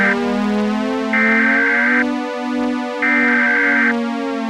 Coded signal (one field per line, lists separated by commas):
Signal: Emergency Alert System (SAME) tones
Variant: header bursts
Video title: EAS Scenario: Black Death V.X.2 Containment Breach